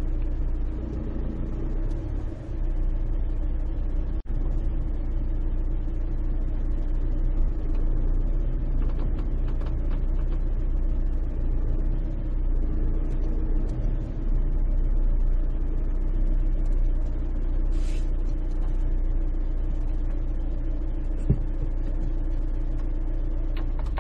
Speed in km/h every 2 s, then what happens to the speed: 4, 3, 2, 0, 0, 0, 2, 0, 0, 0, 0, 0.
4-24 standing.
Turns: none.